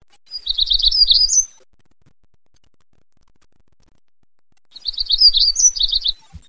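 Black-throated gray warbler singing a short, high, buzzy phrase of quick wavering notes with a rising slur near the end, given twice with a pause of about three seconds between.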